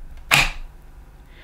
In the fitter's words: just slide it into the hole until it clicks into position